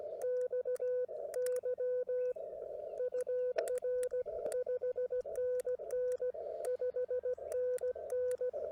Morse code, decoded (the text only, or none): XY UR 5NN 5NN